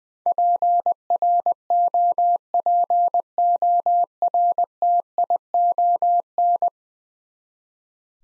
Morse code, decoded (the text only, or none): PROPORTION